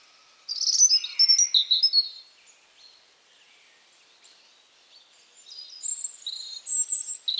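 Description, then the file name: European robin song, a burst of high jumbled warbling notes, a pause, then another run of thin tinkling phrases. "Erithacus rubecula"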